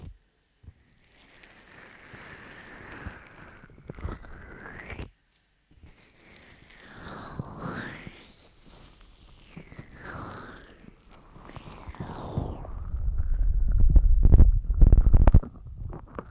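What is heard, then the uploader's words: Ear cleaning and massage with lotion: soft, wet squelching and rubbing strokes with sweeping, whooshing pitch changes. Quiet for the first few seconds, with a brief silence near 5 seconds, then louder muffled cupping thumps and rumbling build from about 12 seconds to the end. ASMR Ear Lotion Ear Cleaning Ear Cupping Ear Massage (3Dio).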